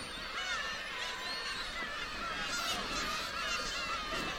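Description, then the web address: Gull colony chorus, dense overlapping mewing calls rising and falling continuously, with a constant low rumble beneath. Distant gulls at a seagull island in Hachinohe, Japan. "Foundation 1 AMBIENCE HACHINOHE SEAGULL ISLAND"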